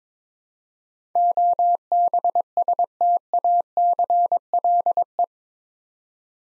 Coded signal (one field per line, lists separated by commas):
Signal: Morse code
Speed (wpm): 22 wpm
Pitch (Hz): 700 Hz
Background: none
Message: OBSTACLE